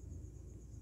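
A plastic watch strap with a quick-release spring pin is being fitted into the lugs of an M18 / T16 smartwatch case. Only a low, steady rumble and a faint high hiss are heard, with no sharp sounds. Nothing has seated or clicked yet.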